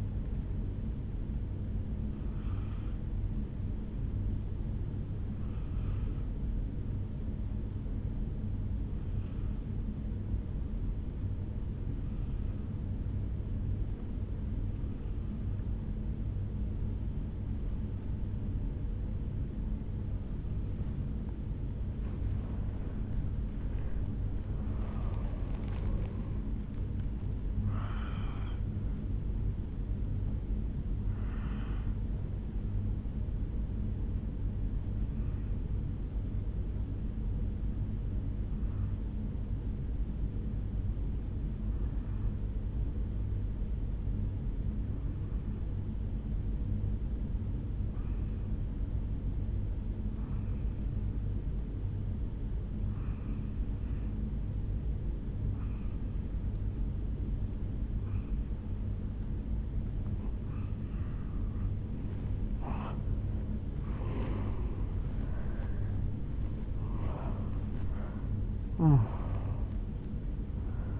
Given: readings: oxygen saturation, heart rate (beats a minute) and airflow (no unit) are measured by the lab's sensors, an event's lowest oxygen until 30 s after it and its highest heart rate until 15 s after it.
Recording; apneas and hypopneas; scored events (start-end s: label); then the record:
breathing in sleep by a smartphone at the bedside; 2
10.00-23.90 s: obstructive apnea (N1, oxygen 97% highest, then 92% lowest, heart rate 60 at the start, 74 highest)
41.00-61.90 s: obstructive apnea (N1, oxygen 96% highest, then 88% lowest, heart rate 52 at the start, 76 highest)
41.00-71.00 s: new sleep stage, N2 (light sleep)
From the record:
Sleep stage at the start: N1 (lightest sleep); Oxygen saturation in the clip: 87 to 97%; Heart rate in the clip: 52 to 76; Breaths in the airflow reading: 7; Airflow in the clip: -9.6 to 7.4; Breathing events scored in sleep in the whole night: 449 in 7.0 hours asleep